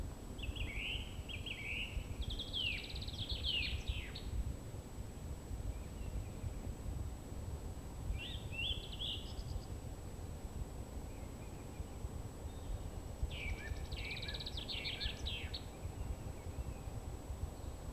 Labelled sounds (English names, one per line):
Song Thrush song